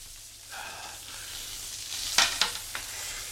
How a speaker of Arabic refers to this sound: الدنيا بتشتي، عدي.